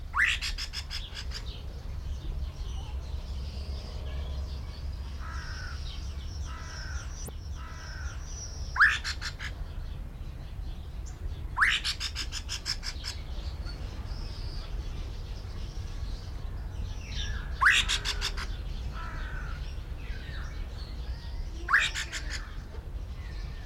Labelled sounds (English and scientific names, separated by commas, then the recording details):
Rusty-cheeked Scimitar Babbler (Pomatorhinus erythrogenys) call
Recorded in captivity
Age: adult
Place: Zoo Berlin, Berlin, DE
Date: 1994-06-11 11:31
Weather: heiter, 12-17°C
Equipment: Marantz CP 430, Sennheiser ME 80, Kopie Uher Variocord 263
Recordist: Tembrock, Günter
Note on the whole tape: Differenzierte Lautfolgen, Abstand wechselnd 1-5 m